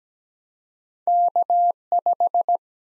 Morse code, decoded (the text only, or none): K5